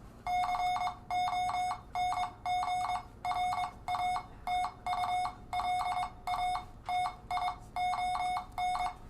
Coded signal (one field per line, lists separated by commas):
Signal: Morse code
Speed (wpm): 22 wpm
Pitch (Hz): 730 Hz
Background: none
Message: CONGRATULATION